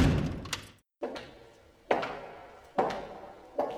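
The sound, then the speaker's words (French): The front door of a house is handled as someone comes in: a series of four or five solid clunks and thuds, each with a short ringing tail, spaced roughly a second apart, with no voices. “On entre dans la maison.”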